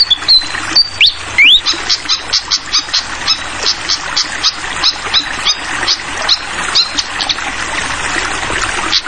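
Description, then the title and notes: Fantail opens with a clear whistle and quick rising sweep, then constant gurgling water with rhythmic splashing clicks continues. Masteran tutor song for training songbirds: clear-voiced fantail song with the sound of flowing water. "Masteran Sikatan Kipas Suara Jernih Dan Suara Gemericik Air. Suara Burung Sikatan Londo"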